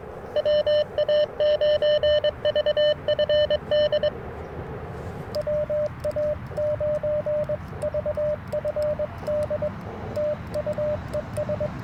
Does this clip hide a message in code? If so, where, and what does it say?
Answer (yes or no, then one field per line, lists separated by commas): yes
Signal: Morse code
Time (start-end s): 0.4-11.7 s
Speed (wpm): 22 wpm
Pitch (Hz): 600 Hz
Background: radio noise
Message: WA9VFD WA9VFD TU ES